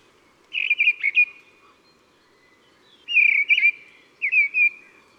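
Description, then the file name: Mistle thrush singing three brief, ringing whistled phrases separated by short pauses, with slightly varied notes in each phrase and no other sound. Recorded in January. "Janvier La Grive draine"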